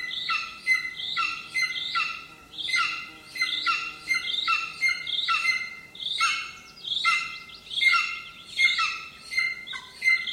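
Bird song of bright repeated phrases, each a quick burst of stacked notes with a steady tone near the middle, about once a second.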